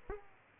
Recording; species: mosquito wingbeat signal from an infrared sensor; Aedes aegypti